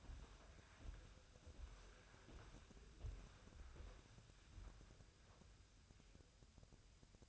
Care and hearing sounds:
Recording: daily activity, microphone in the room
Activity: walk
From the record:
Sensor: 2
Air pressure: 1015.1 hPa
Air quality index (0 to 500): 124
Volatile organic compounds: 4 ppm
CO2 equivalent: 1600 ppm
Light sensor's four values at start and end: 12/34/13/15 and 12/33/13/14

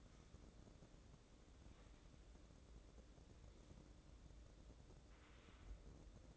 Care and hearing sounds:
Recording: daily activity, microphone in the room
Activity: wipe stove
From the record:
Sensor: 3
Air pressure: 1012.3 hPa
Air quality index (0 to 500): 181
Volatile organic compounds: 3 ppm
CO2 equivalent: 1382 ppm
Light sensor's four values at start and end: 576/1434/592/608 and 576/1431/591/607

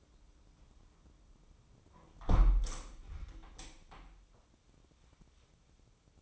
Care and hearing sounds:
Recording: daily activity, microphone in the room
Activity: close window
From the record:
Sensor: 1

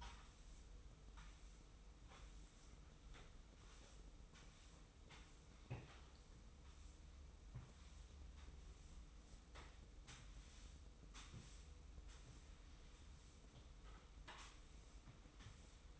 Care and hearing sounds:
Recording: daily activity, microphone in the room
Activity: sweep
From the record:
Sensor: 1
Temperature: 25.3 degrees Celsius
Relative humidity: 44.0%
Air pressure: 990.5 hPa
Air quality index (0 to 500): 177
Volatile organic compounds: 1000 ppm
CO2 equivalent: 6527 ppm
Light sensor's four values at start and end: 29/68/29/32 and 29/68/29/32

